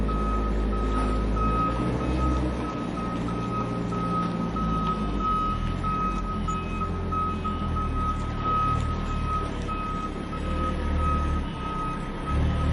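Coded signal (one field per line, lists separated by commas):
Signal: alarm pattern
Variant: forklift reverse alarm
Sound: repeating high-pitched beeps at steady rhythm over a rumbling engine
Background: engine rumble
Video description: realistic forklift beeping sound effect, mimicking the classic reverse alarm of a fork truck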